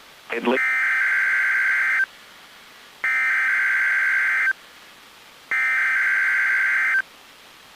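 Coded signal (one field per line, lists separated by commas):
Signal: Emergency Alert System (SAME) tones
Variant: header bursts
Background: speech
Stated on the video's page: NOAA Weather Radio weekly EAS test on KHB32, audio recorded directly from a weather radio via aux cord.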